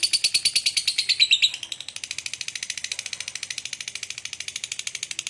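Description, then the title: Lovebird chatter: loud high chirps in a rapid pulsing run, then softening into a quieter, fast, scratchy twitter that continues to the end. Lovebird said to be very clever at 'memancing', baiting other birds into calling. "Dari Gayanya Lovebird Ini Terlihat Pintar Sekali Memancing"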